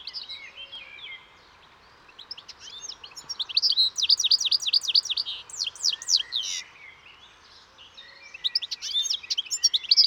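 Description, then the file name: European goldfinch twittering, with a fast run of sharp high notes in the middle and tinkling chatter at either end. "Carduelis carduelis"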